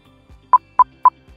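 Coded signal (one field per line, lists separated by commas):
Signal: beep code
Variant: Starkey hearing aid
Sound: three short evenly spaced mid-pitched beeps with soft low thuds around them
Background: faint low thumps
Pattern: 3 short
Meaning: Volume is at the programmed home setting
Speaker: listen for the three beeps that let you know your probe you're set at the volume i have you set at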